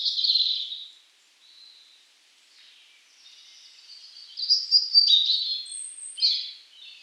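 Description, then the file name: European robin song: a bright opening phrase, then quieter thin notes, building again into louder, rapidly changing twittering near the end. "Erithacus rubecula"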